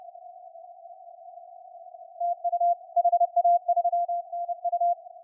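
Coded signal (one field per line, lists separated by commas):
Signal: Morse code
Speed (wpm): 27 wpm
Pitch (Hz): 690 Hz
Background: none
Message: TU HA3NU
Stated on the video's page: CW contacts in the WAE contest using a SunSDR2 DX transceiver.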